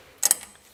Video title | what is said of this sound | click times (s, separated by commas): TUTO Remplacement plaquettes et disques de frein avant 107C1Aygo | et j'appuie tout simplement ça se clipse rien de plus simple et | 0.3 s